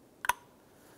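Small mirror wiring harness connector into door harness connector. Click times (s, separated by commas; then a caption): 0.2 s, 0.3 s. The small wiring harness connector for the passenger side rear view mirror on a 2010-2016 Cadillac SRX is lined up and pressed by hand into its mating plastic door harness connector. Two sharp clicks sound at 0.2 and 0.3 seconds, with a faint ring after the second, against quiet background. The connector locks and is seated.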